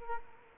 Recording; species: mosquito wingbeat signal from an infrared sensor; Culex quinquefasciatus